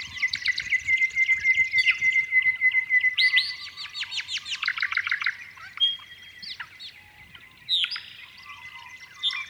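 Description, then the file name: Honeyeaters giving fast rattling chirp series and a drawn-out whistle, then scattered sweet notes as the chorus thins. "Honeyeaters Sing"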